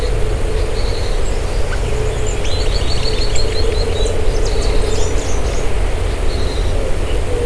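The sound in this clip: Bird calls: a run of high twittering chirps in the middle, over steady low rumbling noise.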